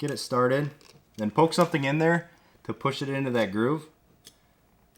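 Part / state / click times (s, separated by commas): seal retainer ring into motorcycle fork lower leg groove / seated / 4.3 s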